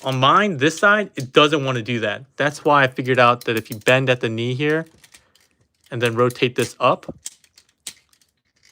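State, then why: Seated. Someone talks while handling a Fans Toys FT-46 Tesla 2.0 (Perceptor) transforming robot figure: on one side the leg part won't go in by forcing, so the knee is bent and the leg piece rotated up, with faint small plastic taps in the pause. A single sharp click at 7.9 s marks the leg locking fully into its tab or slot.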